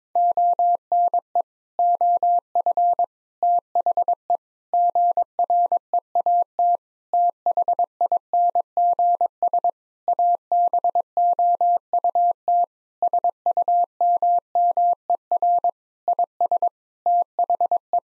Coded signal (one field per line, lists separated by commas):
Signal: Morse code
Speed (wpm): 22 wpm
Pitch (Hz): 700 Hz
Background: none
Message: ONE OF THE GREAT THINGS ABOUT SUMMER IS THE